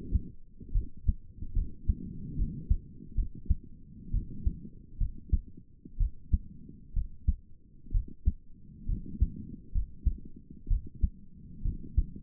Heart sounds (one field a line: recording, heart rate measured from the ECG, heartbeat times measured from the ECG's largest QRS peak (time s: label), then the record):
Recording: heart sounds by stethoscope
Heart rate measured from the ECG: 66 bpm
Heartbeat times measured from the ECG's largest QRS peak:
0.72 s: heartbeat
1.53 s: heartbeat
2.36 s: heartbeat
3.15 s: heartbeat
4.11 s: heartbeat
4.98 s: heartbeat
5.97 s: heartbeat
6.93 s: heartbeat
7.91 s: heartbeat
8.86 s: heartbeat
9.72 s: heartbeat
10.68 s: heartbeat
11.62 s: heartbeat
From the record:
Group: healthy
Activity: rest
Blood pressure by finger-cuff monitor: 148/85 mmHg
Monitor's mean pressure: 105 mmHg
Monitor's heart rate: 64 bpm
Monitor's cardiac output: 6.3 L/min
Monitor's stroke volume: 97 mL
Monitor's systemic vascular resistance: 1240 dyn s/cm5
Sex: female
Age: 22 years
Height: 154 cm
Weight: 58.7 kg